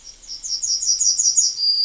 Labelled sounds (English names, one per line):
Yellowhammer song